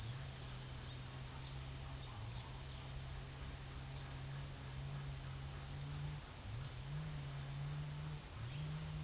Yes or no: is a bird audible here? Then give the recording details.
yes. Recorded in pastures near Puerto Asís, Putumayo, Colombia, on 27 June 2025 at 11:00. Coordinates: 0.502, -76.324. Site G010